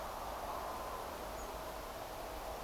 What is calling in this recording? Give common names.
European Robin